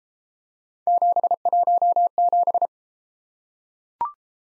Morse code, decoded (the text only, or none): 717